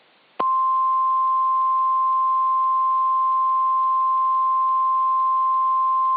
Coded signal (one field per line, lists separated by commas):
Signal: Emergency Alert System (SAME) tones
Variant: 1050 Hz attention tone